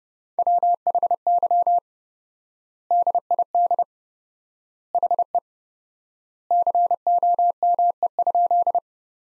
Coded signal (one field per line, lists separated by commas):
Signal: Morse code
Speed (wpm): 30 wpm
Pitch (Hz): 700 Hz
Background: none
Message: WHY DID HE COME?